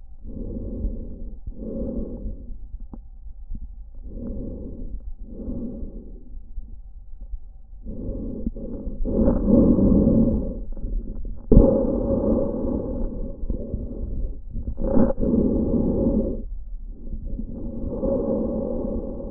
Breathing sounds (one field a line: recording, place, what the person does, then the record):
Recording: lung sounds by stethoscope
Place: trachea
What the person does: quiet breathing, then deep breathing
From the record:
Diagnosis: interstitial lung disease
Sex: male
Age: 61 years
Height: 172 cm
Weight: 71 kg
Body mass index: 24.0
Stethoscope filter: diaphragm mode